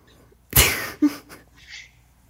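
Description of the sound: An adult woman's hiccups, strikingly loud and unusual. A very loud, abrupt burst with a rushing, noisy release is followed about half a second later by a short, squeaky voiced catch, then fainter breathy sounds. These are forceful, persistent hiccups, each a sudden involuntary gulp with the voice box snapping shut.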